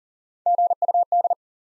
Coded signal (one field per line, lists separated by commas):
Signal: Morse code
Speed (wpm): 40 wpm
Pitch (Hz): 700 Hz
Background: none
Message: GUD